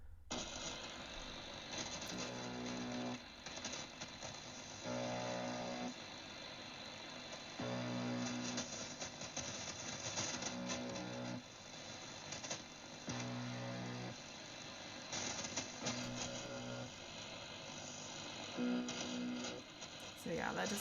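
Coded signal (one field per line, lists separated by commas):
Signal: numbers station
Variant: UVB-76 (The Buzzer)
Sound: short harsh low buzzes repeating roughly every two and a half seconds through noise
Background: radio static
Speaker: But I'll play just a little bit of the buzzer cuz it's it's wild. It's wild that you can just find this and it just exists at high frequencies. It's kind of loud.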